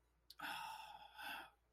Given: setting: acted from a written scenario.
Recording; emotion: vocal sound without words; embarrassment